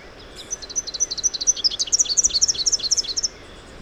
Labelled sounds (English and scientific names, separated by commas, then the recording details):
Rufous-capped Warbler (Basileuterus rufifrons) song
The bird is a male
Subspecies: rufifrons
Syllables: 37
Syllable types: 9
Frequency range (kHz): 2.3-7.4 kHz
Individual FV-R16-M